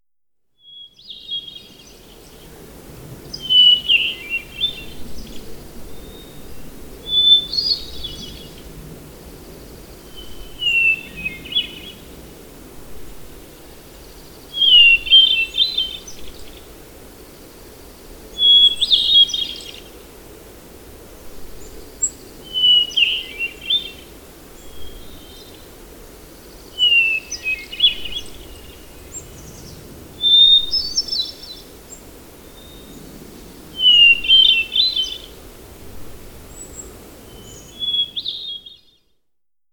Hermit Thrush song recorded on the Fern Lake Trail in Rocky Mountain National Park.